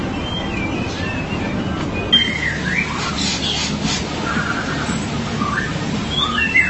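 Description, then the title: Magpie-robin or shama song: a few faint whistled phrases, some rising and some falling, over a steady low hum and background hiss. "BM Suara Burung Murai"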